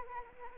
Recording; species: mosquito wingbeat signal from an infrared sensor; Anopheles arabiensis